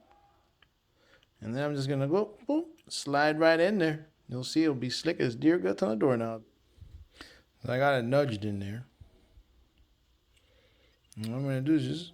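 A tape retaining clip is nudged into the reel hub of a VHS cassette and held in position before being pressed home, while someone talks. Only faint handling ticks are heard between the words; nothing has seated or clicked yet.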